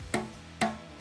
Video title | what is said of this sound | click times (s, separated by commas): The Smittybilt XRC Gen 2 Rear Bumper with Tire Carrier: The Complete Install Video | it clicks in place the light is installed boom expertly | 0.1 s, 0.6 s